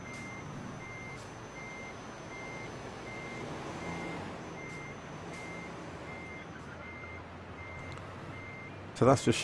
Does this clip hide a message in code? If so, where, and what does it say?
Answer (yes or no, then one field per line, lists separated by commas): no